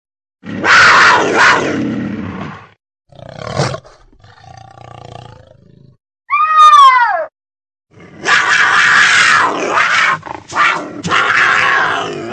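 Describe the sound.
Puma producing loud, rough snarling roars, a brief high descending meow-like cry midway, then further harsh rasping growls in quick bursts.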